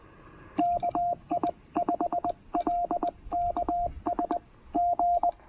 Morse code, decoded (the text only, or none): KI5LKS G